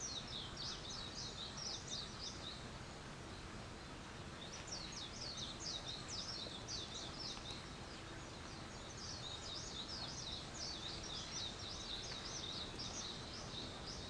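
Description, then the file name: Bird giving high chirps in dense bursts, a busy twittering chatter that pauses briefly before resuming, over a steady hiss. Wild birds; 21 April 2023. "wild-bird 230421"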